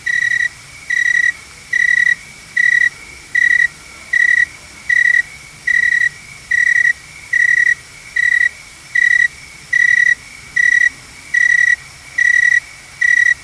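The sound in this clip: Garden cricket calling with a regular train of many brief, shrill chirps, each under a second apart, steady in pitch against quiet hiss.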